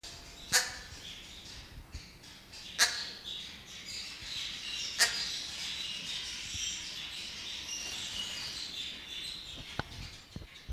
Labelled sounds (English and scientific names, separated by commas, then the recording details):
Double-toothed Barbet (Lybius bidentatus) call
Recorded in captivity
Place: Zoo Berlin, Berlin, DE
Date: 1998-03-21 11:33
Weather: heiter, ca. 0°C
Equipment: Nagra SN, Kopie Uher 4000 Report Monitor
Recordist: Tembrock, Günter